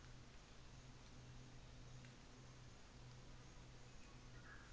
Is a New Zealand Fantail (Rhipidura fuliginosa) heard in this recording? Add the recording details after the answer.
yes. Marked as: faintness 5/5. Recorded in New Zealand on 24 December 2018. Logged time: 13:00